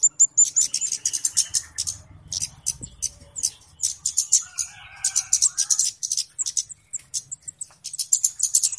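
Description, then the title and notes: Flowerpecker calls: nearly continuous sharp high ticking and twittering throughout, with a faint low rumble in the first seconds. Call used as a lure (pikat) for bird trapping; known locally as Kemade or Cabe Cabean; described as a clear recording. "Kicau Burung Kemade ( Cabe Cabean) Jernih. Suara Burung Cabe Cabean Pikat"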